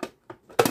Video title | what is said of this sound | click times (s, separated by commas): 🥰AMAZON😉Machine à café NESPRESSO INISSIA De'Longhi 🥰#amazon #unboxing #cafe | comme ça. C'est enclenché. | 0.6 s